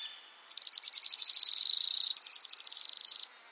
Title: LuckyPassaro Completos2Sama. Araucaria Tit-Spinetail (Leptasthenura setaria)